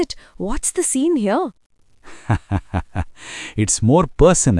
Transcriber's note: laughs